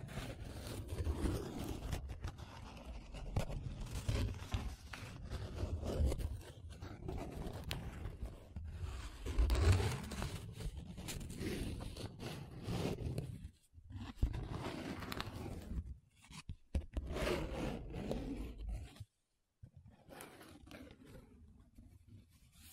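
Paper being rubbed and scratched in a steady, dense run of rough strokes, with sharper scraping accents now and then. The sound drops out briefly around 13 and 16 seconds, then goes fully silent near 19 seconds before quieter rubbing resumes.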